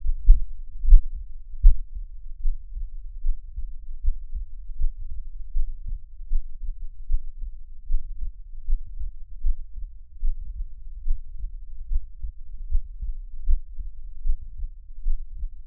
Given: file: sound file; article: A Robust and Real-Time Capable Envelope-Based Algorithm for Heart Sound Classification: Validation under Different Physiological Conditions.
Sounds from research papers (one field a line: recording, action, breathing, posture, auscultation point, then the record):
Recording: heart sounds by electronic stethoscope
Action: rest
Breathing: normal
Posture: lying on left side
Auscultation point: Erb’s point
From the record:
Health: healthy, no known heart disease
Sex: male